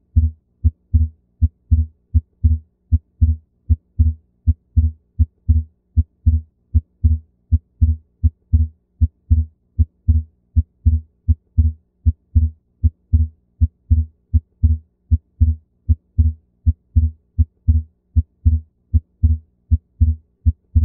Split S2 Heart Sound. Normally, A2 occurs just before P2, and the combination of these sounds make up S2. A physiologic split S2 occurs when the A2 sound precedes P2 by a great enough distance to allow both sounds to be heard separately.